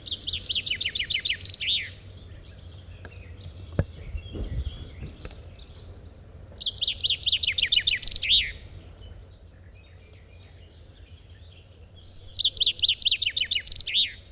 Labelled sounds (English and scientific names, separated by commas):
Common Chaffinch (Fringilla coelebs) song